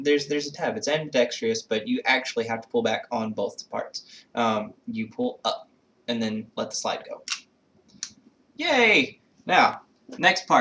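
During fieldstrip of a CZ 52 pistol, the ambidextrous takedown tabs on both sides are pulled up and the steel slide is let go while someone talks. A sharp click at 8.0 s marks the slide releasing from the frame via the takedown latch, and the talking then continues.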